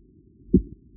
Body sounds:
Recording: neck accelerometer signal played as sound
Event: voluntary cough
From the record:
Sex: male

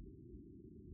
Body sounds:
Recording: neck accelerometer signal played as sound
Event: no cough (speech, laughter, throat clearing or background)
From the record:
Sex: female

